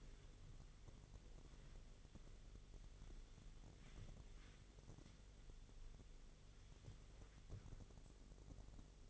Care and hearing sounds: daily activity, microphone in the room; wipe stove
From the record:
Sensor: 4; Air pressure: 1004.1 hPa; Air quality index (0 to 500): 157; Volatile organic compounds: 2 ppm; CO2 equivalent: 1117 ppm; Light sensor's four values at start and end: 13/30/12/13 and 13/30/12/13

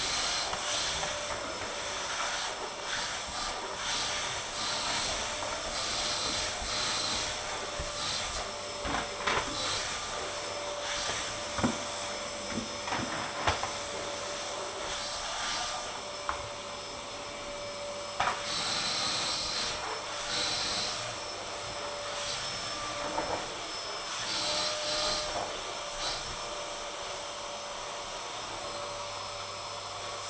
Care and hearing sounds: daily activity, microphone in the room; vacuum cleaning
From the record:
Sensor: 5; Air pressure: 1000.2 hPa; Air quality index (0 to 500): 118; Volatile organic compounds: 1 ppm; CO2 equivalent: 939 ppm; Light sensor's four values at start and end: 148/339/149/164 and 144/337/146/158

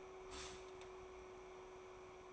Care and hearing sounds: daily activity, microphone in the room; stop toaster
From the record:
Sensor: 1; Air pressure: 1014.7 hPa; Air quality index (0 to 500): 194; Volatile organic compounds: 29 ppm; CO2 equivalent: 2936 ppm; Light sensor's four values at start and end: 4/9/3/3 and 4/9/3/3

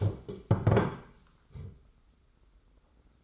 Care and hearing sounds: daily activity, microphone in the room; stand up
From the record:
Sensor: 3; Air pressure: 991.6 hPa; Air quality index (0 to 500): 164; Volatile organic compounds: 1000 ppm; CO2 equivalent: 5426 ppm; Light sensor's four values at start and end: 36/103/42/36 and 35/100/41/35

